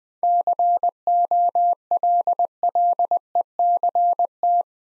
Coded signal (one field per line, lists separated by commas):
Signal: Morse code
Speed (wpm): 20 wpm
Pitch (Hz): 700 Hz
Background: none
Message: COLLECT